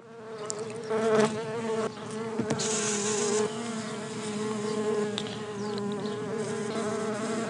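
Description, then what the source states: Bumblebees buzzing steadily, a dense drone with layered harmonic hums and brief louder surges of wing noise. Bumblebees in their hive.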